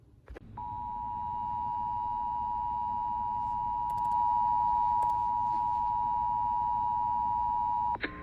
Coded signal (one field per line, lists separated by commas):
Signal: Emergency Alert System (SAME) tones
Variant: 853 and 960 Hz attention tone